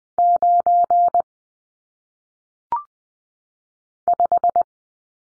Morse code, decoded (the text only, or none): 9 5